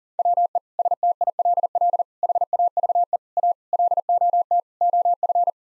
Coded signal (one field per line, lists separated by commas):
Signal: Morse code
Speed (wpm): 40 wpm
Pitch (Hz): 700 Hz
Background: none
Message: WE STILL HAVE A LOT OF